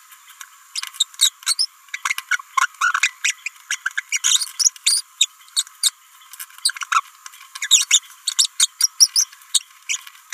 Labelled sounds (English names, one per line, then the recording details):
Green-rumped Parrotlet babbling
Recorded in a nest box in Venezuela
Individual 18B17A3